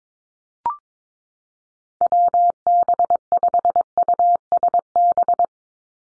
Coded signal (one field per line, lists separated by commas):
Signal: Morse code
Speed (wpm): 22 wpm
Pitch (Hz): 700 Hz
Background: none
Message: WB5USB